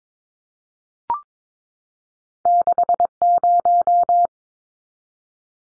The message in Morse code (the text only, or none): 60